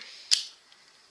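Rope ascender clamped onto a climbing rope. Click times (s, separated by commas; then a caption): 0.3 s. A metal SRT ascender is put onto a climbing rope, and its spring-loaded cam closes with a single sharp, bright snap at 0.3 s, followed by a faint tick at 0.7 s. The ascender is seated on the rope, set so it slides up but will not come down.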